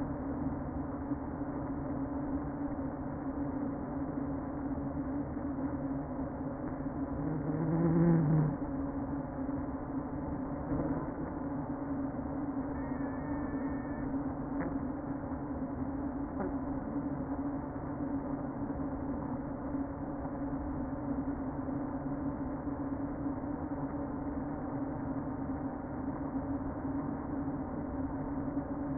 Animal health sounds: honeybee colony, microphone inside the hive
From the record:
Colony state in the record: queen present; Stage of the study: before two queens were removed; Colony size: about 60,000 bees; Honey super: yes

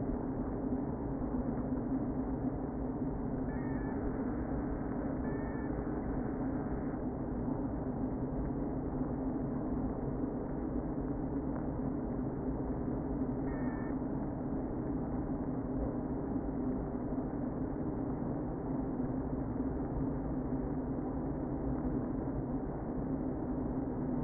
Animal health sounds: honeybee colony, microphone inside the hive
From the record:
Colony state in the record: queen present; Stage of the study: before two queens were removed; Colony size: about 60,000 bees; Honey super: yes

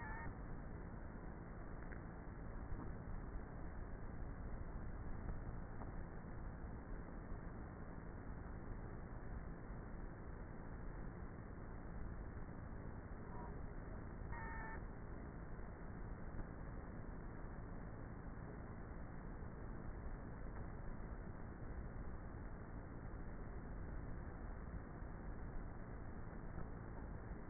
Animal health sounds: honeybee colony, microphone inside the hive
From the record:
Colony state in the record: queenless with a low population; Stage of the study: before two queens were removed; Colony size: about 30,000 bees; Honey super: no

